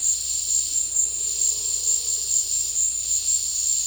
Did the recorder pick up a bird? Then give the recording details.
no. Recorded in dense forest near Puerto Asís, Putumayo, Colombia, on 22 December 2024 at 16:30. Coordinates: 0.485, -76.318. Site GP03